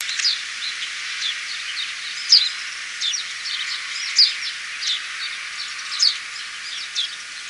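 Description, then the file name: House sparrow chirps, short high chirps at irregular intervals, roughly every second or two, over a steady hiss. "hsparrow"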